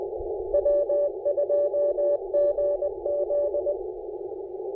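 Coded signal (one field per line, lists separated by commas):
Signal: Morse code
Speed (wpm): 20 wpm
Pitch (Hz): 580 Hz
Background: none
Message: W2GZ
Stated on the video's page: QRP park activation with CW on 20 m and 30 m.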